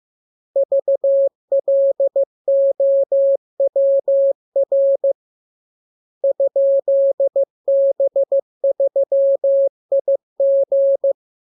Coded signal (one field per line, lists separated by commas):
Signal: Morse code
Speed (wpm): 15 wpm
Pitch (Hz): 550 Hz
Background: none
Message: VLOWR ?B3IG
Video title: Learning Morse Code. Lesson 32. Letter KMURESNAPTLWI.JZ=FOY,VG5/Q92H38B?